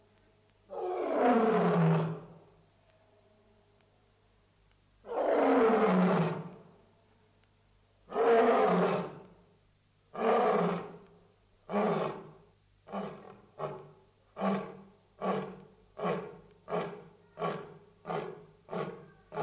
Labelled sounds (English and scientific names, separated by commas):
Lion (Panthera leo) call